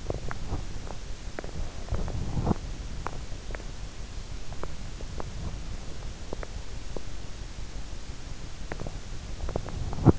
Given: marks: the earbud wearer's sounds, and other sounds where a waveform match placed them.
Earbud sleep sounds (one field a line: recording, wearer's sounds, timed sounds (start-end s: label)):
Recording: sounds in sleep by an in-ear microphone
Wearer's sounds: teeth grinding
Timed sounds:
0.00-0.73 s: teeth grinding
1.80-2.61 s: teeth grinding
2.96-3.22 s: teeth grinding
4.53-4.74 s: teeth grinding
5.05-5.64 s: teeth grinding
6.24-6.52 s: teeth grinding
6.85-7.07 s: teeth grinding
8.52-8.97 s: teeth grinding
9.42-10.19 s: teeth grinding